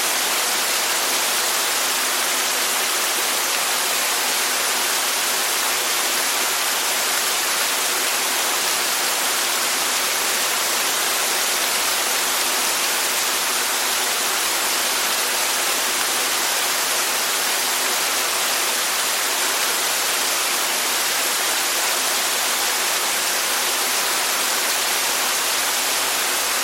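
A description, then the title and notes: Forest waterfalls roar in a steady, dense hiss of falling water, bright, unchanging throughout with no distinct events. Dual forest waterfalls, and let the soothing water sounds.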